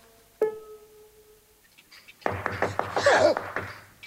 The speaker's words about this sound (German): Da draußen hat jemand gegen die Tür geklopft.